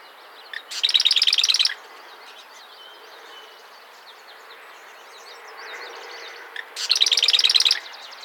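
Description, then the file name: Mourning warbler delivers two bright, rapid, repeated-note phrases about six seconds apart, with quiet high twittering between them. Recorded in the USA, Minnesota, at Old Cedar Ave, on 14 July 2012. "JMJ-20120714-070616-000739-USA-MN-Old Cedar Ave-MAWR"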